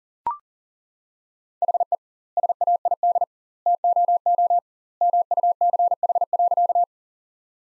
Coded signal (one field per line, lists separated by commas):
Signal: Morse code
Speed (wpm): 37 wpm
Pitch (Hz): 700 Hz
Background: none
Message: HE SAID TOO MUCH.